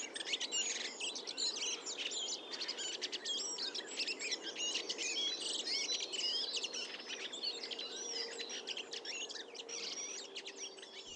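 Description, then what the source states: Redwing chatter and subsong, a busy stream of scratchy, twittering and squeaky warbled notes running without pause, with a faint low hum beneath. Several birds; chatter and subsong, described as a strange warbling, scratchy sound.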